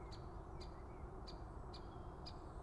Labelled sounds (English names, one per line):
Great Spotted Woodpecker